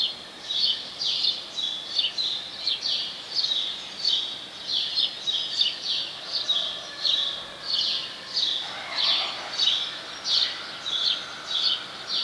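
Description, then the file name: House sparrow chirps repeated in a continuous series over background noise. "Passer domesticus"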